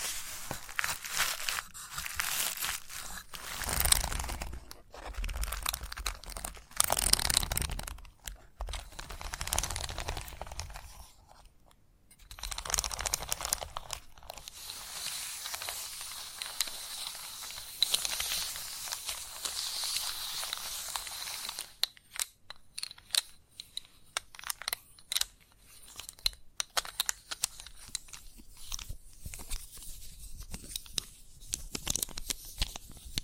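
Chalk being scraped, scratched and tapped, with dry gritty strokes that come in quick bursts through the first half, pausing briefly around eleven seconds. Later the sound turns thinner and hissier, with a steady bright scratching broken by sharp clicks and taps toward the end.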